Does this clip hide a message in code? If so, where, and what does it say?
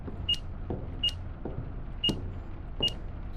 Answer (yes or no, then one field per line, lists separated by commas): no